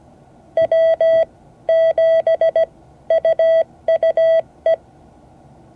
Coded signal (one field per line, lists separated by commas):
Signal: Morse code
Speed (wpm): 17 wpm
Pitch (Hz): 660 Hz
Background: none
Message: W7UUE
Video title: Morse code class 2024-08-11 (10 of 12)